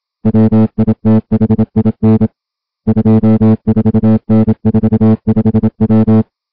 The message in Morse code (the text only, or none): WITHIN 24N45W